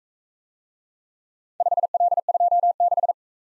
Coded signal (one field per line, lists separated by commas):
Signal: Morse code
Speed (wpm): 44 wpm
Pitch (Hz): 700 Hz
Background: none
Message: 5L26